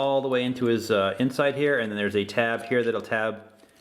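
A plastic tab on a part of a MakeToys Cross Dimension Striker Noir (Nemesis Prime) transforming robot figure is handled on its way toward a slot on the waist while someone talks throughout. Nothing has seated or clicked yet.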